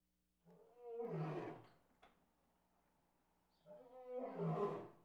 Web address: lion roar